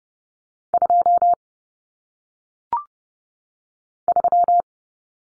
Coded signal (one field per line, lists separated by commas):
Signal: Morse code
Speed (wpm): 30 wpm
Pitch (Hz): 700 Hz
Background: none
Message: 2 3